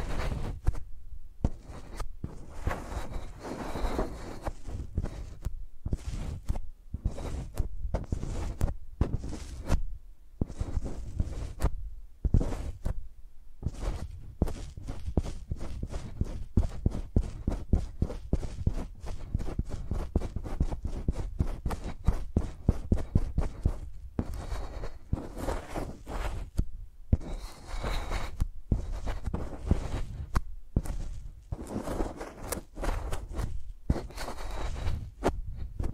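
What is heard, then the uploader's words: Pencils tapped and scratched on a surface in quick, irregular clusters, with hard knocks and dry scraping strokes packed closely together. The activity runs almost continuously for the whole clip, broken by brief silent gaps around 1, 10–13, 24 and 27 seconds. Using Mics as Pencils (No Talking).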